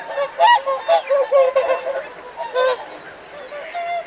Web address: whooper swan